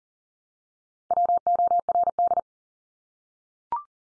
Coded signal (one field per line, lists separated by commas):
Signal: Morse code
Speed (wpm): 40 wpm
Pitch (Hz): 700 Hz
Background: none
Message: WORD